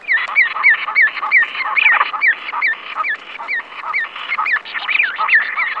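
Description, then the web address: Young birds calling: a dense chorus of squeaky, wavering chirps, rising and falling, repeated rapidly and overlapping throughout. "Zero-G Ambient 1 BIRDS BATS YOUNG BIRDS"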